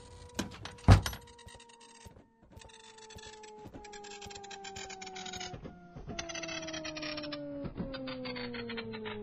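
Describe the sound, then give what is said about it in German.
A printer runs in steady mechanical passes, a whirring motor hum with rhythmic clicks and rasps marking each line, preceded by a sharp clunk near the start; no voices. “So, der Drucker ist entweder fertig oder gerade verreckt.”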